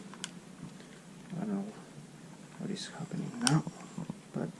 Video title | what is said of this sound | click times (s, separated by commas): How to remove, fully disassemble and wrap door handles of a 2020 Kia Telluride | I didn't hear a click or anything. I like to hear clicks, but | none